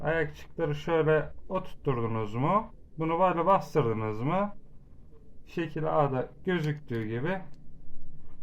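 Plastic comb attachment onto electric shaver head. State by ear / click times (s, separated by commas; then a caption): not seated / none. Someone talks while handling the plastic comb attachment of a Fakir Stubby electric shaver, pressing it back onto the shaver head. Nothing has seated or clicked yet by the end of the clip.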